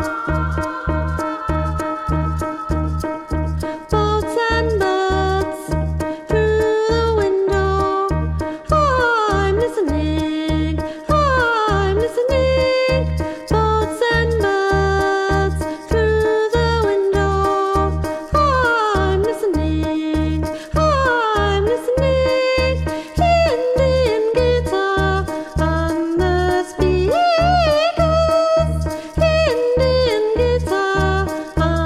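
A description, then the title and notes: Music plays at a hotel in India, loud, with a steady thumping low beat landing roughly twice a second throughout. Above it, a wavering, sliding melody bends and swoops in long phrases, keeping the sound dense and busy for the whole stretch. Taj Palace Hotel in India.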